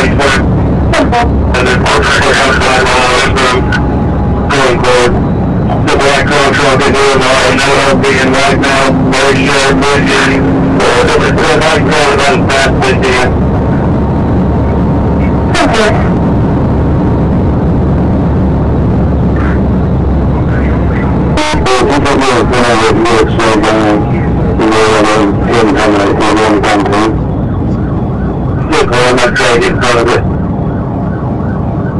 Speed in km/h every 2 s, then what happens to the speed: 174, 164, 161, 169, 174, 182, 185, 185, 184, 177, 174, 164, 158, 150, 148, 124.
0-5 slows to 161. 5-11 speeds up to 185. 11-16 steady at about 185. 16-30 brakes to 124.